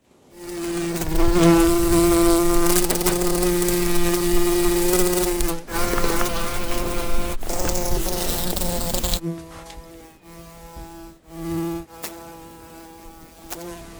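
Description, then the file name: Bumblebee flight buzz: a steady, low droning hum that holds its pitch, loud at first, briefly cut, then quieter and wavering near the end. "Humle"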